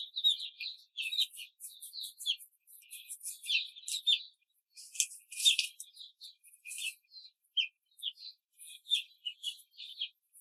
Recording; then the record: young laying hens in a cage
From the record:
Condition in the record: control cage, before the stress test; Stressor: none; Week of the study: 4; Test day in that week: 3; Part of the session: 2